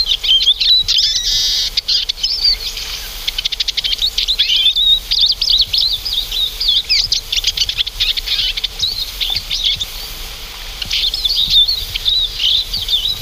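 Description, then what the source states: Eurasian Siskin flock twittering: high chirps and wavering whistles run almost without break, slightly quieter near the ten-second mark before picking up again. Small finch-family winter visitor that never moves alone and always forms flocks; call closely resembles the Oriental Greenfinch's but omits the greenfinch's 'chiriri' phrase.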